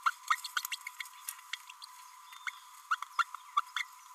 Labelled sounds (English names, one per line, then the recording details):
Green-rumped Parrotlet babbling
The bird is a male
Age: 29 days
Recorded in a nest box in Venezuela
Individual 17B32A6